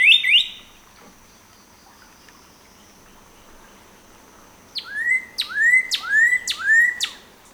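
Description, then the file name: Northern cardinal singing a brief phrase, then after a pause a series of five loud slurred whistles about half a second apart, with a thin steady high tone through the pause. Recorded 14 April 2018; seven songs in the recording. "2018-04-14 NOCA-7 Songs"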